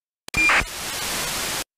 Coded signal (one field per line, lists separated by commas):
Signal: ACARS aircraft data